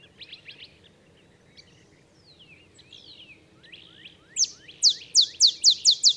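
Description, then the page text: Olive sparrow song: a few soft high chirps, then a loud series of sharp downslurred notes, speeding up toward the end. Olive sparrow singing in the early morning in Texas, 50 miles north of the Mexican border; simple songs like a field sparrow's bouncing-ball song, though neither so mellow nor so melancholy. "Olive sparrow. Recording early morning just 50 miles north of the Mexican border in Texas"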